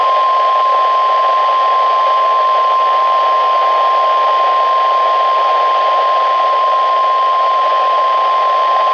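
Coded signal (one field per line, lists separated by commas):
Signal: Emergency Alert System (SAME) tones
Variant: 1050 Hz attention tone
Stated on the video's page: Required Weekly Tests relayed by NOAA Weather Radio stations, recorded from Reecom R-1630 and Midland WR-120EZ weather radios, partly via Zoom H1 recorder.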